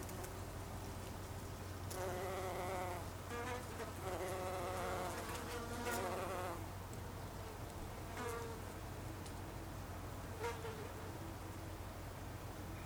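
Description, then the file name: Bumblebee buzzing, a droning wavering hum that comes and goes in bursts of one to two seconds, over a steady low background hum. Bumblebees (Icelandic hunangsflugur), recorded on 26 August 2012. "hunangsflugur 2012-08-26"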